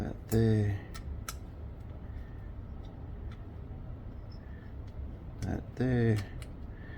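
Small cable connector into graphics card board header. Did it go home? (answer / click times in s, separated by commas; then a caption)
no / none. During reassembly of a water-cooled GeForce RTX 3080 Gaming OC Waterforce WB 10G graphics card, undergoing rust removal, a small cable connector, most likely a fan or RGB cable, is handled at its header on the board. Someone talks at the start and near the end, with faint handling ticks around 1.3, 3.3 and 5.4 seconds. Nothing has seated or clicked yet.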